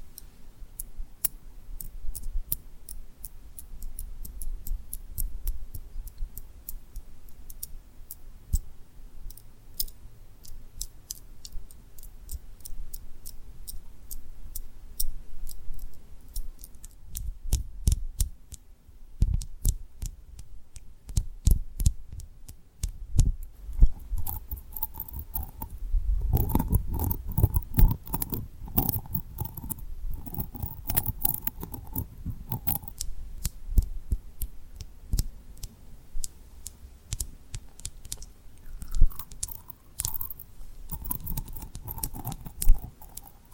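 Tapping and rubbing on rhinestone lip triggers, a dense run of small clicks and taps with soft low thuds underneath. Around 17 to 23 seconds the taps come in quick bursts, and from about 24 seconds a brighter scratchy rubbing joins with a faint steady tone.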